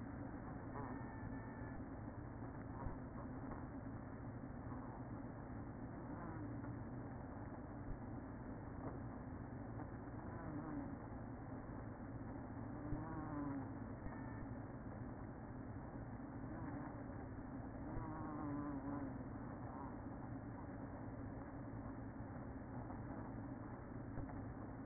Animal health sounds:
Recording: honeybee colony, microphone inside the hive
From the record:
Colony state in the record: queen present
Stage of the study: after two queens were removed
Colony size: about 60,000 bees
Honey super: yes

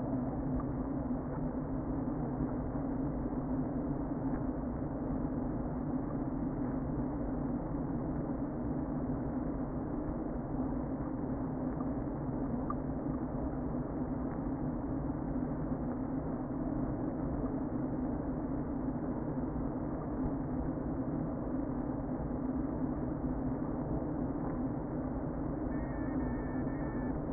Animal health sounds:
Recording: honeybee colony, microphone inside the hive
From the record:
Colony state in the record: queen present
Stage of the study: before two queens were removed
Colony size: about 60,000 bees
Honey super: yes

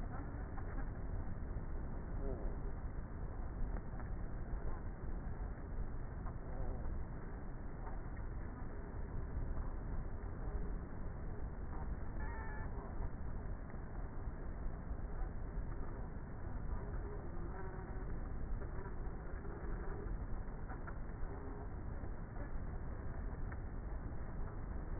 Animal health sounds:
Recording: honeybee colony, microphone inside the hive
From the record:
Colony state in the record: queenless with a low population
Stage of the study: before two queens were removed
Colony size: about 30,000 bees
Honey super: no

